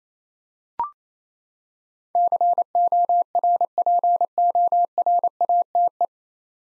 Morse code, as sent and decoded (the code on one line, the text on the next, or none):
-.-. --- .-. .--. --- .-. .- - .
CORPORATE